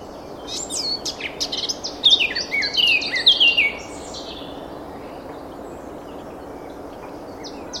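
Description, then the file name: Eurasian blackcap delivering one warbled phrase that rises to loud, clear whistled notes before fading into near silence. "Sylvia atricapilla"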